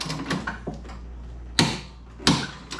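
A ratcheting torque wrench is tightened on the bolts of the second mower blade, with faint ratcheting ticks at the start. Sharp clicks from the wrench ring out at 1.6 s and 2.3 s, confirming the blade bolts are torqued on.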